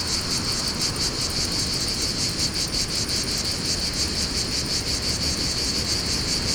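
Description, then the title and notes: Cicadas give a steady high buzzing drone with fast pulses over loud wind roar and low rumble. Fontvieille, France; pine wood during mistral wind; two Shure BG 4.0 mics, DIY windscreen, Tascam DA-P1 DAT recorder; excerpt from CDR copy. "Fontvieille, France - Mistral et cigales. Le Mistral dans la pinède les cigales et insectes au sol , quelques bruits de circulation"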